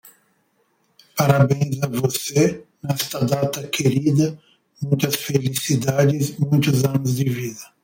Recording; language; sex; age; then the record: short text; Brazilian Portuguese; male; 50 to 59 years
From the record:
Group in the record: control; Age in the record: 54 years